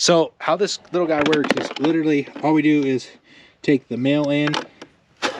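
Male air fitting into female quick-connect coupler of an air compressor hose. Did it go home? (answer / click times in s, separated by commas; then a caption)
no / none. A male air-hose fitting is being handled at the female quick-connect coupler on a small air compressor's hose while someone talks. A short, sharp sound occurs near 4.8 s, but nothing has seated or clicked yet.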